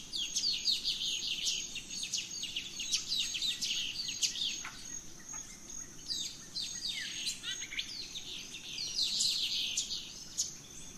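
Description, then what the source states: Birds: dawn bird chorus, many birds chirping and twittering together in overlapping high bursts, with some descending whistled sweeps, over a continuous high-pitched hiss. Dawn chorus of birds in rainforest at Gran Sabana, Venezuela.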